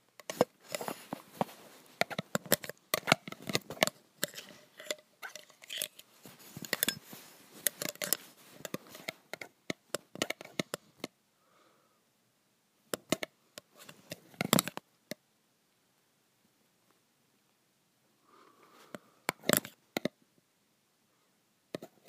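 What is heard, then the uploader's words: Graphite scratching and tapping on metal, a dense run of sharp scrapes and clicks for the first eleven seconds. After that it turns sparse, with short bursts of strokes around 13 to 15 seconds and again near 19 to 20 seconds, separated by near silence. ASMR Graphite on Metal.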